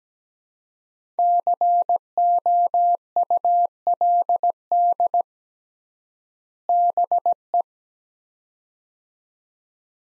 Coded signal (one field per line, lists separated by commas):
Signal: Morse code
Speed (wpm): 17 wpm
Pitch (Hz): 700 Hz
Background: none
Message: COULD BE